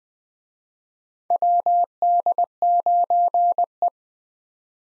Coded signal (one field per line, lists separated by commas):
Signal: Morse code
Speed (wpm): 21 wpm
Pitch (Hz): 700 Hz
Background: none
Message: WD9E